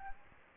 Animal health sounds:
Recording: mosquito wingbeat signal from an infrared sensor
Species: Aedes aegypti

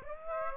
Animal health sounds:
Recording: mosquito wingbeat signal from an infrared sensor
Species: Aedes aegypti

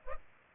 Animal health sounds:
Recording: mosquito wingbeat signal from an infrared sensor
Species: Culex pipiens

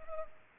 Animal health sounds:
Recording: mosquito wingbeat signal from an infrared sensor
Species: Culex pipiens

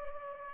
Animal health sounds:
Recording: mosquito wingbeat signal from an infrared sensor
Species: Culex pipiens

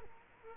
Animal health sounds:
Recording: mosquito wingbeat signal from an infrared sensor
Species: Culex quinquefasciatus

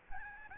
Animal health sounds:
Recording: mosquito wingbeat signal from an infrared sensor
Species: Aedes albopictus

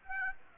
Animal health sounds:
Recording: mosquito wingbeat signal from an infrared sensor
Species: Aedes aegypti

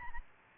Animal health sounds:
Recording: mosquito wingbeat signal from an infrared sensor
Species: Aedes albopictus

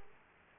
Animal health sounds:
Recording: mosquito wingbeat signal from an infrared sensor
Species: Aedes aegypti

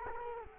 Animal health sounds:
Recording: mosquito wingbeat signal from an infrared sensor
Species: Culex quinquefasciatus

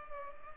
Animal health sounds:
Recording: mosquito wingbeat signal from an infrared sensor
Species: Culex pipiens

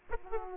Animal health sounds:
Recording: mosquito wingbeat signal from an infrared sensor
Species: Aedes aegypti

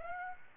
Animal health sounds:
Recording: mosquito wingbeat signal from an infrared sensor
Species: Aedes aegypti

